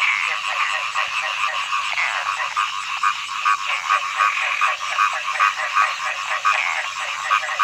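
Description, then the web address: Frogs croaking thickly together, overlapping rattling notes forming a busy, steady chorus. Frogs singing in early summer. "zvuci-ot-prirodata-za-deca-pesni-na-zabi- ranno-lato"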